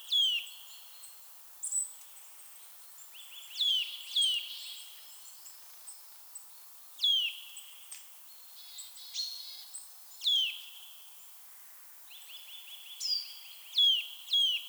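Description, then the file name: Eurasian nuthatch calls: falling whistled notes in small clusters, repeating every few seconds, with short trills between louder phrases. "Sitta europaea"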